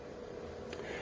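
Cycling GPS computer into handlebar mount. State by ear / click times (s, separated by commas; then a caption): seated / 0.7 s. A Bryton Rider 420 GPS cycling computer is pressed and twisted into its plastic quarter-turn handlebar mount, which is strapped on with rubber bands, over a steady low background hum. A short, sharp click sounds at 0.7 s as it seats and locks in place so it won't fall out.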